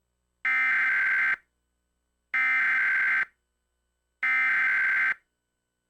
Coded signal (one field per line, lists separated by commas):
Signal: Emergency Alert System (SAME) tones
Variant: header bursts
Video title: EAS - Flatten the Curve III